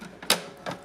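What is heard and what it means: An ink cartridge is pushed into its slot in an inkjet printer carriage and snaps home with a sharp, bright click at 0.3 s. A softer second click follows at about 0.7 s. The cartridge is seated properly.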